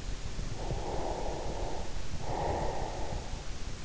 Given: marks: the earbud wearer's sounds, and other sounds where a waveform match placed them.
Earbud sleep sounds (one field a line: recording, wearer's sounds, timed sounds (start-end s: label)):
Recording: sounds in sleep by an in-ear microphone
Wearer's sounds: breath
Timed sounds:
0.58-3.44 s: breath